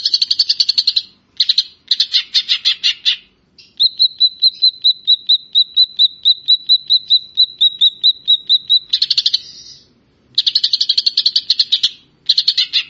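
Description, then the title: Grey-cheeked bulbul mixing dense raspy chattering phrases with a long, even series of quick whistled pips lasting about five seconds. "Kicau Burung Cucak Jenggot"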